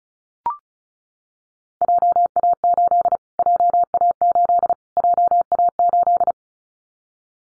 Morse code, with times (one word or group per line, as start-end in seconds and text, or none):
1.8-3.2 JA8
3.4-4.7 JA8
5.0-6.3 JA8